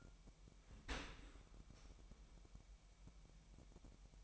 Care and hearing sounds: daily activity, microphone in the room; open dishwasher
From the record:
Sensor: 1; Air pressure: 998.3 hPa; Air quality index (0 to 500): 138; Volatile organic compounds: 4 ppm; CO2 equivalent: 1658 ppm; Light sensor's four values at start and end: 16/55/22/22 and 16/55/22/22

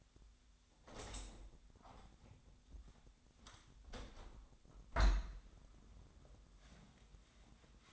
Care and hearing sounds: daily activity, microphone in the room; open window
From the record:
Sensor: 3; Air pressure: 1006.5 hPa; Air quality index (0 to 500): 204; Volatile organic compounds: 18 ppm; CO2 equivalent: 2602 ppm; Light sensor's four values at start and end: 10/24/10/10 and 10/24/10/10

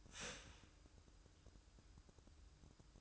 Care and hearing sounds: daily activity, microphone in the room; start toaster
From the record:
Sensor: 2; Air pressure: 1006.9 hPa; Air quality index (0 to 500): 45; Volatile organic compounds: 1 ppm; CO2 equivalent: 555 ppm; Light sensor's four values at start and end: 7/16/7/7 and 7/16/7/7

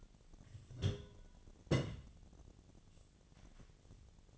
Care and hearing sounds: daily activity, microphone in the room; place on stove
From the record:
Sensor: 4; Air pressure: 1010.8 hPa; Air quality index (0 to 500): 167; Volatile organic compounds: 4 ppm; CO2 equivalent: 1700 ppm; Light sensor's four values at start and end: 40/113/45/46 and 40/113/45/46

